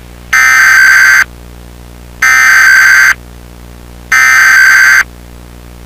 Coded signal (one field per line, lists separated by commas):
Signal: Emergency Alert System (SAME) tones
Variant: header bursts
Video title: EAS Scenario:2000 Utah Derocho